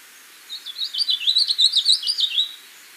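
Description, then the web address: Brown-capped vireo song, a rapid warbling phrase of high, jumbled notes lasting about two seconds. Ecuador. "Birds of Ecuador. Brown-capped Vireo"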